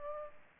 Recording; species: mosquito wingbeat signal from an infrared sensor; Culex pipiens